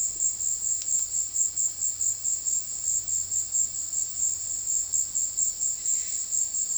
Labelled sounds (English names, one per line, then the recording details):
none
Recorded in dense forest near Puerto Asís, Putumayo, Colombia, on 21 February 2024 at 15:30
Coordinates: 0.500, -76.322
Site G6465